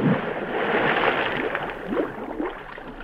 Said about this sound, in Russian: Пошел под воду. Он, видите, след пузырями воздуха обозначился. Это он.